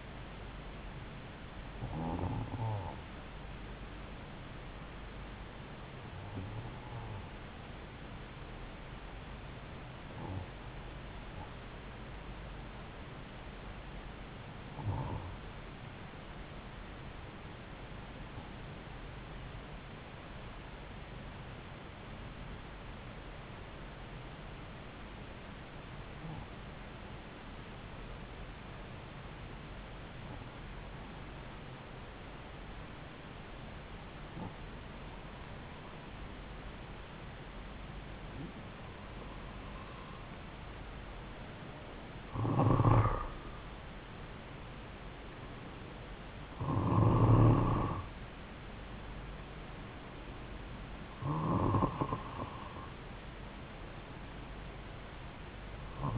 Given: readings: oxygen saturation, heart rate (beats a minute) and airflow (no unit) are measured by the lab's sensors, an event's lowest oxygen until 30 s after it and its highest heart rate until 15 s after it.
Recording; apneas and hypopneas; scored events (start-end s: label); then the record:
breathing in sleep by a voice recorder at the bedside; 1
12.00-44.40 s: hypopnea (N1, oxygen 96% highest, then 91% lowest)
16.00-56.18 s: new sleep stage, N2 (light sleep)
From the record:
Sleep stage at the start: N1 (lightest sleep); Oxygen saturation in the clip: 91 to 96%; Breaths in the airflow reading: 13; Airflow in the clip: -3.2 to 4.6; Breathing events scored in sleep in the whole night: 270 in 6.1 hours asleep